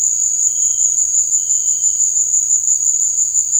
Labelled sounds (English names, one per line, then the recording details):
none
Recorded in dense forest near Puerto Asís, Putumayo, Colombia, on 19 March 2025 at 17:00
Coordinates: 0.485, -76.318
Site G056